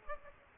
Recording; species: mosquito wingbeat signal from an infrared sensor; Aedes aegypti